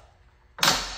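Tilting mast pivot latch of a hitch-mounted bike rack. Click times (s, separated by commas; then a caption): 0.6 s. The pivot latch on the tilting metal mast of a Thule Apex XT hitch-mounted bike rack is pulled and the mast lifted back upright. After quiet low handling noise, the latch engages with a single sharp metallic clunk at 0.6 s that rings briefly. The mast locks into place.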